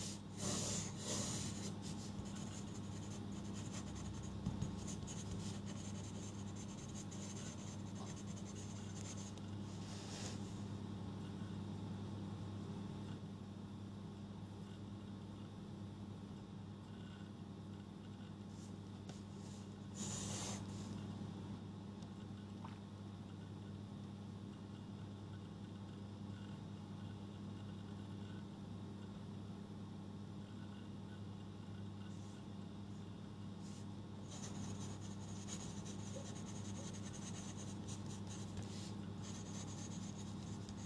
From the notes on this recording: going through my notes and re-writing stuff